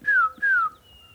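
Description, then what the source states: Tufted Titmouse song: two clear whistled notes, each sliding downward, about a third of a second apart, with a faint thin steady whistle afterward. Heard on a morning walk.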